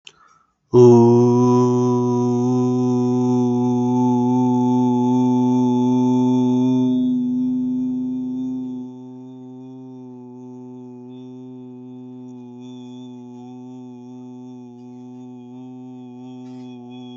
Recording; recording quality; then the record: sustained vowel as in boot; excellent, no background noise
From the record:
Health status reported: healthy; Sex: male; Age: 31 years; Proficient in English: yes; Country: India